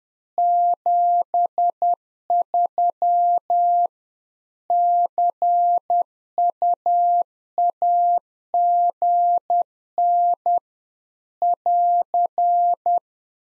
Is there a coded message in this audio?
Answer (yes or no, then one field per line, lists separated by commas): yes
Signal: Morse code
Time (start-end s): 0.4-13.0 s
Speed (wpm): 10 wpm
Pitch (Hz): 700 Hz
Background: none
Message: 73 CUAGN <AR>